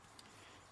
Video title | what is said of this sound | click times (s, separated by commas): Video Review of the Transformers 3 Dark of the Moon (DOTM) Cyberverse Decepticon Hatchet | actually lock into place just | 0.2 s